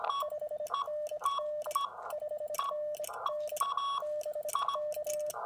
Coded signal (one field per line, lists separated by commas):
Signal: Morse code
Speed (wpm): 23 wpm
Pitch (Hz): 590 Hz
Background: none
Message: 5NN 5NN BK